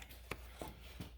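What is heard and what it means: During an oil catch can (oil separator) install on a Ford Edge engine, a catch can hose quick-connect fitting is pushed onto the engine breather port. A sharp, short click at 0.3 s marks it snapping on, followed by two softer knocks near 0.6 s and 1.0 s. The fitting is seated.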